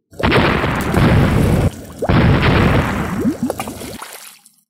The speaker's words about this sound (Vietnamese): Nước biển phạm vi mấy trăm dặm quanh đó bắt đầu sóng dậy, trên mặt biển xuất hiện vô số vòng xoáy lớn nhỏ va chạm vào nhau, tạo ra những tiếng nổ lớn.